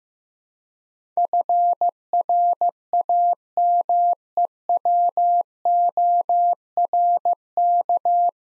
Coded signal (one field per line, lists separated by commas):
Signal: Morse code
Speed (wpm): 15 wpm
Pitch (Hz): 700 Hz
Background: none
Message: FRAMEWORK